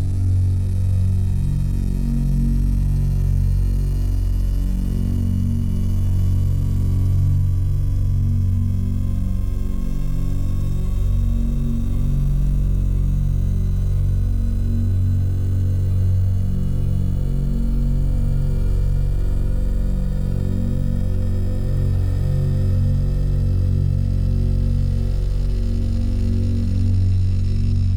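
A buzzing drone tone holds steady for the whole stretch, thick and low, with a deep hum underneath and stacked buzzing layers above it. The level never drops; only a slow wavering in the low tones shifts, plus a faint hiss on top.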